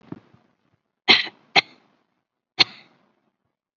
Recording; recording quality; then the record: heavy voluntary cough; excellent, no background noise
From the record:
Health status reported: COVID-19 positive, mild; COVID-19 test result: positive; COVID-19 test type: RT-PCR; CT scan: not taken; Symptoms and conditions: fatigue, muscle pain, hypertension, diabetes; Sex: female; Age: 67 years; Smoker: no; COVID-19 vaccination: none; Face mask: not worn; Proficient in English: no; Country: India